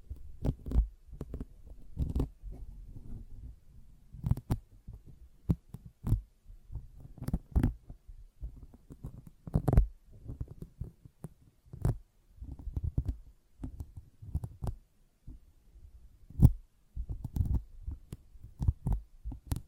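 Sponge being squished and scratched in irregular bursts, soft low squelches punctuated by sharp bright clicks every second or so, with brief quiet gaps.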